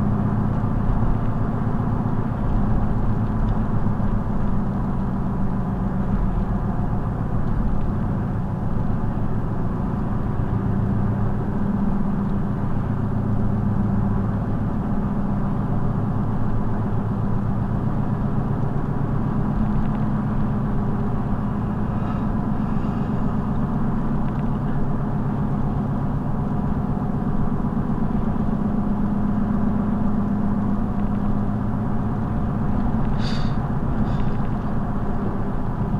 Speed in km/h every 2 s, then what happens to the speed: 68, 66, 64, 63, 64, 66, 66, 68, 68, 71, 69, 71, 69, 69, 69, 69, 69, 68.
0-36 steady at about 68.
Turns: none.